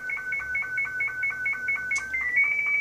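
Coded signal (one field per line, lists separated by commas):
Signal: SSTV (slow-scan television)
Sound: warbling electronic tones stepping between pitches, with quick low sync chirps about four times a second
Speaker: taking it up through the AM radio Deluxe software the VSS TV module and sending it out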